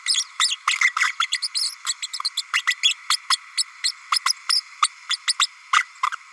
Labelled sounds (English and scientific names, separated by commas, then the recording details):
Green-rumped Parrotlet (Forpus passerinus) babbling
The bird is a female
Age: 32 days
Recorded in a nest box in Venezuela
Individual 17B32A5